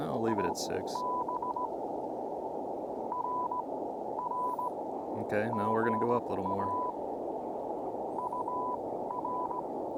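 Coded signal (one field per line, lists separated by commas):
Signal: Morse code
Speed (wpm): 17 wpm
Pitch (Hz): 990 Hz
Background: speech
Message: IB RR GA UR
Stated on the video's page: Parks on the Air CW activation with an Elecraft KX2, DIY linked dipole and Modern Morse key, under poor band conditions; includes a 25 wpm segment.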